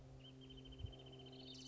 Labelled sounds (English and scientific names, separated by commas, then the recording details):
Wrentit (Chamaea fasciata)
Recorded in Sonoma County, California